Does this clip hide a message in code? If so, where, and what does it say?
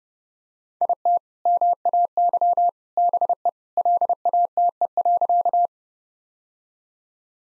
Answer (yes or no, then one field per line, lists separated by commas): yes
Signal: Morse code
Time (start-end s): 0.8-5.7 s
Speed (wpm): 30 wpm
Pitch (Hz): 700 Hz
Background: none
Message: IT MAY BE LATE.